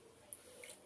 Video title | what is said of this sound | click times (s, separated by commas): क्या dishwasher Indian kitchen के लिए suitable है /Seimens dishwasher/full demo/functions/review/ | ये ऐसे आवाज आएगी, लॉक हो गया। | 0.3 s